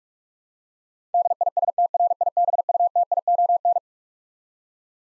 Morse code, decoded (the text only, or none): DISTRIBUTION